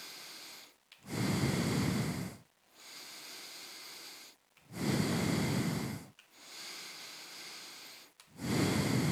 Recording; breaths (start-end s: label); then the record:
nose breathing near a microphone
0.00-0.87 s: inhalation
0.87-2.62 s: exhalation
2.62-4.57 s: inhalation
4.57-6.17 s: exhalation
6.17-8.17 s: inhalation
8.17-9.12 s: exhalation
From the record:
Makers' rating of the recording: medium